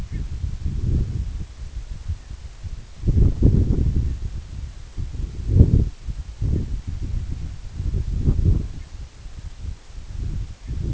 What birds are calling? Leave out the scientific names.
Canada Goose